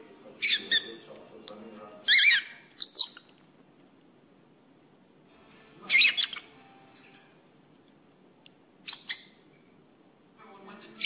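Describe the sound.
Lovebird giving short, shrill, harsh chirping bursts at irregular intervals, with quiet gaps and a faint low hum between them.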